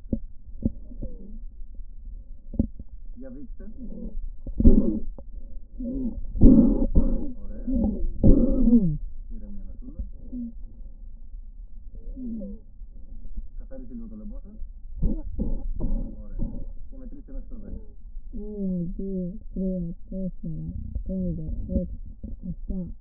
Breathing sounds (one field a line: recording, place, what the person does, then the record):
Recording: lung sounds by stethoscope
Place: right anterior apical chest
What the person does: quiet breathing, then cough and speech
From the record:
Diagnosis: asthma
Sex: female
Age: 56 years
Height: 161 cm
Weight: 85 kg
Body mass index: 32.8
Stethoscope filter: diaphragm mode